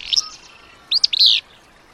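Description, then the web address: Willow flycatcher song: a short sneezy burst, then a burry, buzzy two-part phrase ending in a harsh rasp; quiet background. Song likened to a sneeze. "Birdnote. The Sneeze of Willow Flycatcher"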